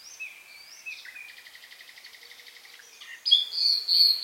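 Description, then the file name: Common nightingale song: soft whistles leading into a long, rapid buzzy rattle of evenly repeated notes, then a sudden loud burst of high, harsh notes at the end. "Luscinia megarhynchos"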